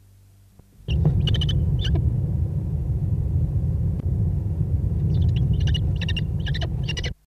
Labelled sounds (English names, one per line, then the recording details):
Common Kestrel call
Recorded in captivity
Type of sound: call
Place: Marktkirche Hannover, Niedersachsen, DE
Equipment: Halbspur, 9,5 cm/s
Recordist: Lütgens, Hans
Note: Rufe eine dreiwöchigen Jungens